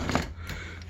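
The metal arms of a Jay Flight travel trailer's power awning line up and lock into place as the awning is brought all the way in. Two sharp clicks at 0.1 and 0.2 seconds are followed by a fainter knock and low background hum. The arms are seated and locked in the retracted position.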